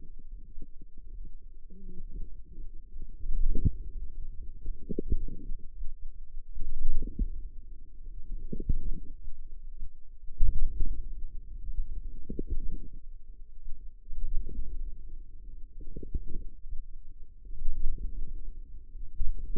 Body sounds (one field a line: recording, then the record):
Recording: forearm muscle sounds (acoustic myography)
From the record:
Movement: wrist flexion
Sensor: system 2, bracelet of six BSWA MPA416 microphones around the upper forearm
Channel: 6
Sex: female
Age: 21 years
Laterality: right